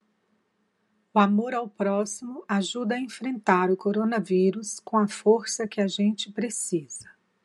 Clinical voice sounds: spoken sentence; Brazilian Portuguese; female; 50 to 59 years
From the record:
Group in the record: control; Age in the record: 56 years

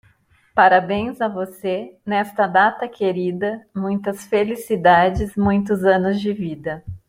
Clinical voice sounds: short text; Brazilian Portuguese; female; 40 to 49 years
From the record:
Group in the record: control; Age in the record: 45 years

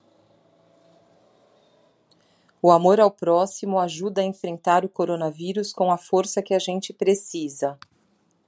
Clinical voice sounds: spoken sentence; Brazilian Portuguese; female; 40 to 49 years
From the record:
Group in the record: control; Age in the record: 44 years

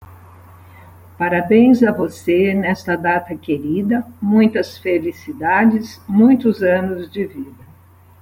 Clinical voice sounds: short text; Brazilian Portuguese; female; 70 to 79 years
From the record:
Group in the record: control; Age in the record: 71 years

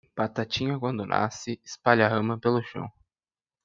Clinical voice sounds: short text; Brazilian Portuguese; male; 20 to 29 years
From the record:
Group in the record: control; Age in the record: 21 years

